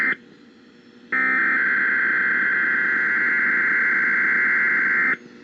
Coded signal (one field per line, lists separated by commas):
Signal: Emergency Alert System (SAME) tones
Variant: header bursts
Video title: Compilation of Alerts from 2019 (read description) EAS #507 - 512